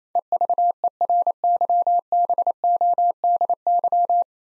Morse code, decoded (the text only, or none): EVERYBODY